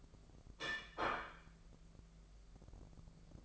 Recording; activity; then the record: daily activity, microphone in the room; place plate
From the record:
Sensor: 5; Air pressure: 1015.2 hPa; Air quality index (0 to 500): 206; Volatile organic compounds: 10 ppm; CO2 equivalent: 2261 ppm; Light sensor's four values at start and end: 76/179/76/83 and 77/181/77/85